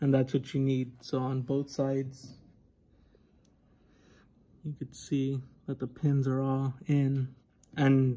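An IC chip is being readied for a board socket, with its pin rows squeezed so all the pins on both sides line up with the socket before it is pushed in. Someone talks through most of the clip, with a faint short tick near 3.5 s during a quiet pause. Nothing has seated or clicked yet.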